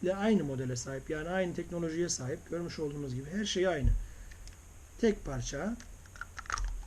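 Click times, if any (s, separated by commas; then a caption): 6.5 s. A lid mechanism is turned into the lid of a second travel mug model, and it clicks into place at about 6.5 s. Someone talks through the first four seconds, then soft handling sounds and small ticks lead up to the click, and the mechanism is checked and confirmed seated.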